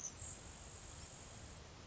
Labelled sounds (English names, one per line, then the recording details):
Grasshopper Sparrow
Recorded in Sonoma County, California